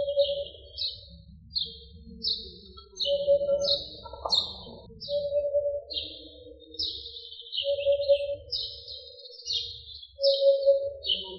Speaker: chant assez simple. On dit que la huppe pupule. Donc son chant, c'est oupoupoup, oupoupoup.